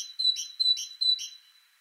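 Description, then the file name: Great tit giving three fast high two-note phrases, a clear whistled tone paired with a buzzier note. "Parus major"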